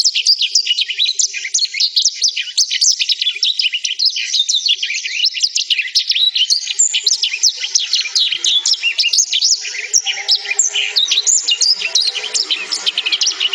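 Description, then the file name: Black-throated canary song, a fast continuous twittering of high trills and chips that carries on without pause. "suara burung blackthroat"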